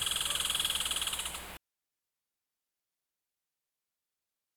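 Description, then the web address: Red squirrel giving a rapid, harsh, pulsed chatter lasting under two seconds, followed by silence. "soundswild red squirrels"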